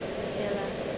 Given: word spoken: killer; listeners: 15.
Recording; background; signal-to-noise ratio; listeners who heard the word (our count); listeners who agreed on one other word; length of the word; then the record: one English word in noise, from a listening test; speech-shaped noise; -4.7 dB; 3 of 15; 6 of 15; 0.58 s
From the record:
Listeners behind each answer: 6, 3, 3, 1, 1, 1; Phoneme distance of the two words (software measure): 10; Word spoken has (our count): 2 syllables, 4 phonemes, stress on syllable 1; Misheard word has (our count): 2 syllables, 4 phonemes, stress on syllable 1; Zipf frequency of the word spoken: 4.37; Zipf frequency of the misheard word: 3.54